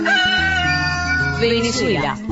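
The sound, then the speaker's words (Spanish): A rooster crows over steady music: a long, strained held note that breaks into a quick falling warble at the end, loud against a low, droning backing. “Sonando Maduro, el mismísimo gallo, libre de payola.”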